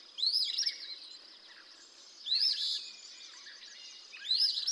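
Eastern phoebe repeating its raspy two-note song three times, a hooked rising note then a buzzy trill, spaced about two seconds apart.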